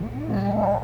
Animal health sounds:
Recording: contact call of a hoofed animal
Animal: goat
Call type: low-frequency (closed-mouth) or high-frequency (open-mouth) call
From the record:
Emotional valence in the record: negative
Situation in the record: short social isolation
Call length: 0.84 s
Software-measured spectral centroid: 1260 Hz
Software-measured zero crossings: 890 a second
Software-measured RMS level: -24 dBFS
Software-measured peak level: -11 dBFS

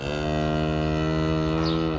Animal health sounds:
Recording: contact call of a hoofed animal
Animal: cattle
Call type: low-frequency (closed-mouth) or high-frequency (open-mouth) call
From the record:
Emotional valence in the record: negative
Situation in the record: full separation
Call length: 1.99 s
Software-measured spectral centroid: 1790 Hz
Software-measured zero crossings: 1230 a second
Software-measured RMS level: -24 dBFS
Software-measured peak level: -13 dBFS

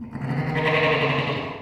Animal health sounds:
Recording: contact call of a hoofed animal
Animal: sheep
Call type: low-frequency (closed-mouth) or high-frequency (open-mouth) call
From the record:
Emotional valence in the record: negative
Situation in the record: short social isolation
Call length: 1.62 s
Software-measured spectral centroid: 1720 Hz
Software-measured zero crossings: 1920 a second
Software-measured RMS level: -23 dBFS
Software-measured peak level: -9 dBFS

